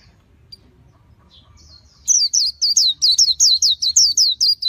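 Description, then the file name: White-eye song: a few faint high notes, then from two seconds a rapid series of loud, thin descending chirps repeated without pause. "tieng khuyen liu"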